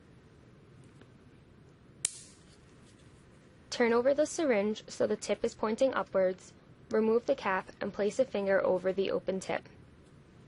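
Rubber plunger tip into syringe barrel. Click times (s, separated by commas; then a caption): 2.1 s. The rubber-tipped plunger is pushed back into a capped compounding syringe, giving one loud, sharp snap at 2.1 s as the rubber end of the plunger clears the back end of the barrel, and the plunger is seated. Someone then talks from about 3.7 s to the end.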